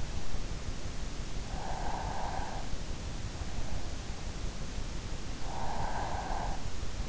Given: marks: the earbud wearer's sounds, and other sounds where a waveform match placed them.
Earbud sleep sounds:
sounds in sleep by an in-ear microphone; breath
1.10-2.65 s: breath
5.22-6.99 s: breath

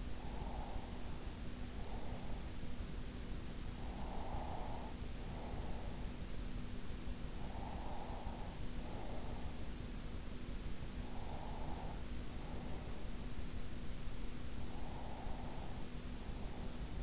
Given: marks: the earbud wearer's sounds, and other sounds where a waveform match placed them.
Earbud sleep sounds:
sounds in sleep by an in-ear microphone; breath
0.03-3.03 s: breath
4.03-6.03 s: breath
7.03-10.03 s: breath
11.03-13.03 s: breath
14.43-17.02 s: breath

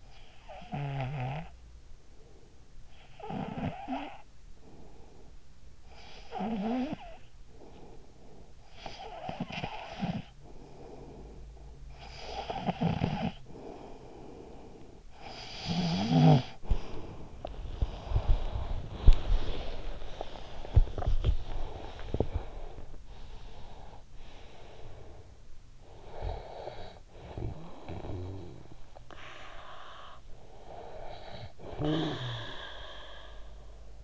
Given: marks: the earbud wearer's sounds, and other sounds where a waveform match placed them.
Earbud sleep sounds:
sounds in sleep by an in-ear microphone; snoring breath, breath, body movement
0.00-2.17 s: snoring breath
3.00-5.40 s: snoring breath
5.89-17.55 s: snoring breath
17.32-22.89 s: breath
17.32-23.04 s: body movement
23.04-25.32 s: breath
25.75-30.19 s: snoring breath
30.27-34.04 s: snoring breath

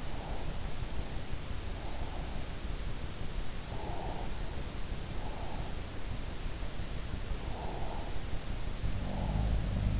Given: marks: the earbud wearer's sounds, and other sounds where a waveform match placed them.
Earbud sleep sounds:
sounds in sleep by an in-ear microphone; breath
0.00-0.65 s: breath
3.89-5.63 s: breath
7.44-8.24 s: breath
8.81-10.00 s: sound from someone else or the room

